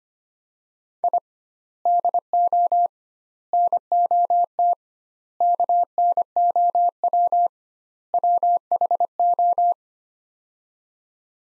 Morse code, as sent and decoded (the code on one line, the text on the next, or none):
.. / -.. --- / -. --- - / -.- -. --- .-- / .-- .... ---
I DO NOT KNOW WHO